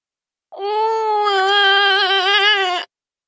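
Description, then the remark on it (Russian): A voice imitates a child bawling: one sustained, wavering wail of about two seconds, loud and strained, rising slightly in pitch with a quivering tremble, heard alone. “Я заревел, вскинул ручки и побежал к ней.”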